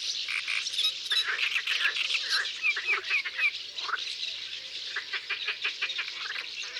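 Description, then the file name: Common starling flock calls, a continuous wheezy chatter with rapid clicks and short rising whistles throughout. Several birds recorded in Isère, France. "Etourneaux sansonnets Concerts naturels de l Isere Studio Les Trois Becs"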